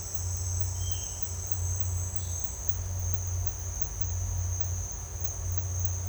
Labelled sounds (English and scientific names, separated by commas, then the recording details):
none
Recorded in dense forest near Puerto Asís, Putumayo, Colombia, on 8 March 2025 at 12:00
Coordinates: 0.468, -76.322
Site GP01